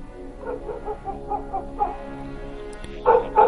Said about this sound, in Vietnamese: Ấy thế nào, tiếng chó sủa lại vang lên.